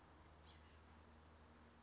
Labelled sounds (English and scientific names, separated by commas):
House Finch (Haemorhous mexicanus)